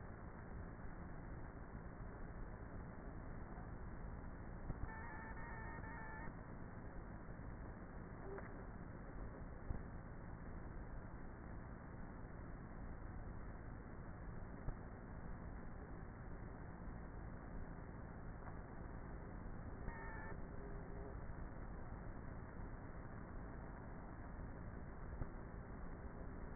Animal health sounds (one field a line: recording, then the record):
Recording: honeybee colony, microphone inside the hive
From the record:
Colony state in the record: queenless with a low population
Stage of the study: before two queens were removed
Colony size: about 30,000 bees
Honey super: no